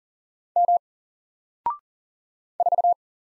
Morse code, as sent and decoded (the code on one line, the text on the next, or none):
-- / ....-
M 4